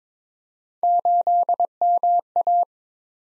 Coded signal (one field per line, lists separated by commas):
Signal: Morse code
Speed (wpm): 22 wpm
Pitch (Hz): 700 Hz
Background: none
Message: 8MA